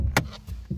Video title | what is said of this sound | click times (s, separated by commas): Toyota Yaris: Air Filter Change (1999–2005) Easy Step By Step Guide & Tutorial | You'll hear that click. | 0.2 s